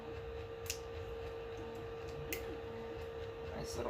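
The plug of an EZABL PRO Mini auto bed-level probe cable is pushed down into its socket on one side of the sensor board while being installed on a Sunlu S8 printer. Two short, sharp clicks sound at 0.7 s and 2.3 s over a steady background hum. The connector seats with a clean click.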